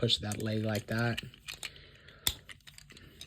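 Someone talks while pushing the plastic leg part of a Transformers Legacy United Animated Optimus Prime robot toy into the toy's body during its transformation. Soft plastic handling ticks and rustles follow, including one sharp tick near 2.3 seconds. The leg has not snapped into place yet; nothing has seated.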